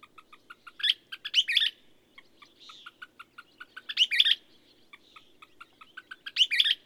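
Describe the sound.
Bird song: short strings of thin ticking notes build into loud, sharp chirping bursts, repeated several times, over a steady low hum.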